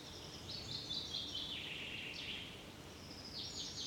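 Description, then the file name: Common chaffinch song, fairly soft: a rapid descending phrase of bright notes, set against a steady hiss. "Fringilla coelebs"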